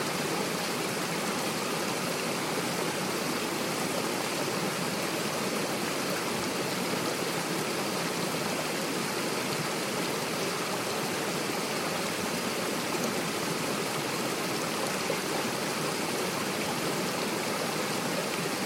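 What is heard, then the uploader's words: A creek rushes in a steady, dense hiss of flowing water, unchanging throughout, bright and full with little low rumble. Crags Creek.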